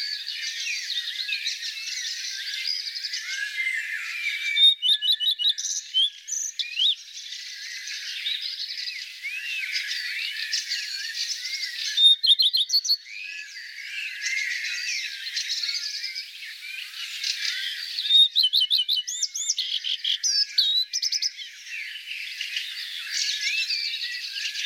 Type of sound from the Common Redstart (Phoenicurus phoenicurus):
song